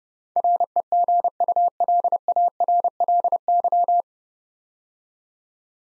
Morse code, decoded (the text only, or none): REGULARLY